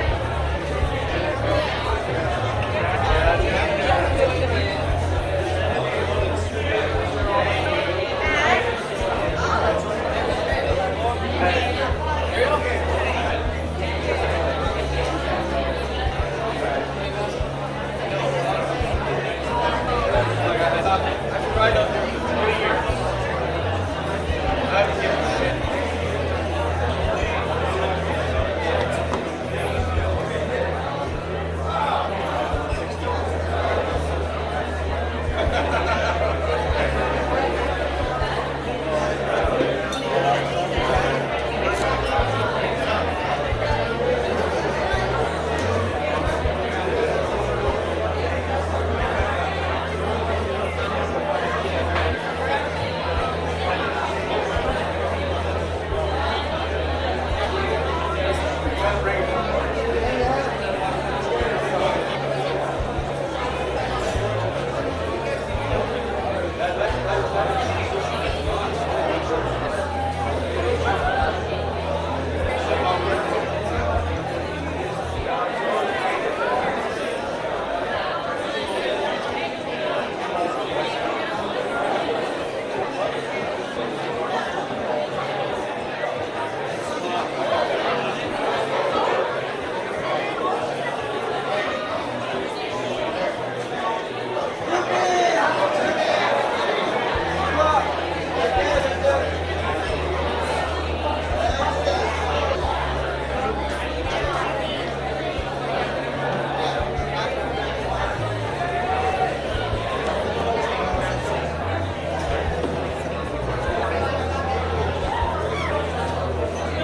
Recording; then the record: background sound without coughing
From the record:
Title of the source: CITY SOUNDS Busy Bar in the Evening Night - 2 HOURS of Ambiance for Relaxation